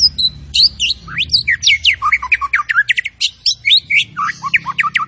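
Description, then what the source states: Zebra finch singing a fast, unbroken medley of sharp chirps and slurred whistles, busy and varied throughout, with a low hum underneath. Actively singing (gacor) songbird, locally called burung tembakan, used for tutoring (masteran).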